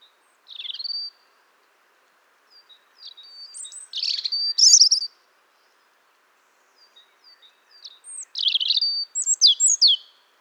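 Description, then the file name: European robin giving a few high, thin song phrases of whistles and sparkling twitters, with quiet pauses between them. "Erithacus rubecula"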